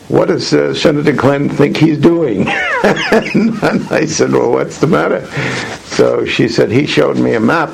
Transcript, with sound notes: "What does Senator Glenn think he's doing?" [laughter] I said, "Well, what's the matter?" She said, "He showed me a map